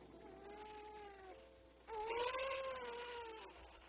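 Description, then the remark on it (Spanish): A newborn baby, woken by hunger, crying in two drawn-out, wavering wails, the second louder and slightly higher-pitched than the first, with a short pause between them and no talking. “Pero a veces el hambre me despierta y lloro.”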